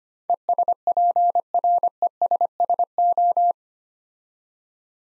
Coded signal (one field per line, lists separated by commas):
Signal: Morse code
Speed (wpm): 25 wpm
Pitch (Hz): 700 Hz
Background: none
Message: ESPRESSO